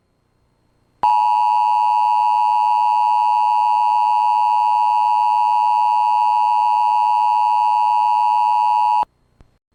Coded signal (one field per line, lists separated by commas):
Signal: Emergency Alert System (SAME) tones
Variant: 853 and 960 Hz attention tone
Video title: Emergency Alert System Child Abduction Emergency Real time EAS